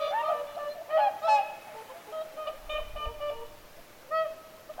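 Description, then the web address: Whooper swans giving loud trumpeting honks, several birds overlapping, calls rising and falling in short bursts with brief quieter gaps between. Whooper swans calling at Lintulahti, 6 November 2025. "paivat 6 11 2025 laulujoutsenten aantelya lintulahdella"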